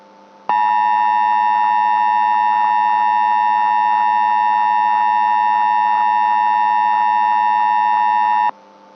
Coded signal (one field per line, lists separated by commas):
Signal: Emergency Alert System (SAME) tones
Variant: 853 and 960 Hz attention tone